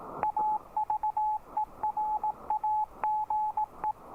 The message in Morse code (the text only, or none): AVERAGE